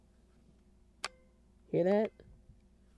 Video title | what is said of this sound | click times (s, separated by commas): Essential Vlogging Kit Unboxing - Gimbal -Lapel Mic | loose and then you snap it into place that's how they wants you to balance it and then | 1.0 s